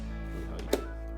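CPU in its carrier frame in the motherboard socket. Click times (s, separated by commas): 0.7 s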